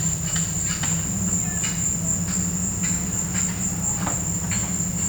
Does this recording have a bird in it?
no